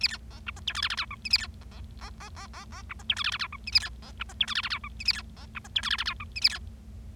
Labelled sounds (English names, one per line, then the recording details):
Bengalese Finch song
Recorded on 25 March 2012 at 16:38
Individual gy6or6